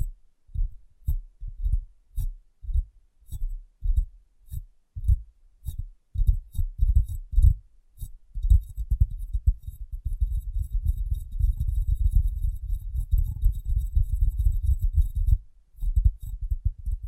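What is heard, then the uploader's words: Tapping and cleaning on a glass brain. Dull, low taps land at a steady pace of roughly two per second for the first eight seconds, then give way to continuous muffled rubbing and wiping that pauses briefly near fifteen seconds before resuming, with faint clicks above. ASMR Glass Brain Tapping & Cleaning (No Talking).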